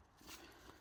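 An electrical connector is being handled on its way onto a diesel engine glow (heater) plug on a W212 Mercedes during reassembly after timing chain work. Faint low rustling and handling noise builds slightly in the middle of the clip, with a brief sharp transient right at the very end around 0.8 s. The connector has not seated or clicked in yet.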